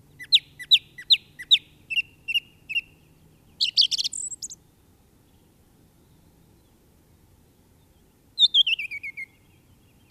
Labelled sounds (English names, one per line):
Song Thrush song